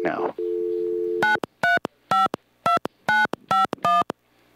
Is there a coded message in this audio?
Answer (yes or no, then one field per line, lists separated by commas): yes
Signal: DTMF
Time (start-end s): 1.2-4.0 s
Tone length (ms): 150 ms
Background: speech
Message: 9352951